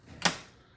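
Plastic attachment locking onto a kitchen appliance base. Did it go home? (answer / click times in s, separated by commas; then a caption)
yes / 0.2 s. A plastic attachment is slid from left to right onto a kitchen appliance base until it locks. A single sharp, bright click sounds at 0.3 s and fades quickly into quiet. The attachment is seated and locked in place.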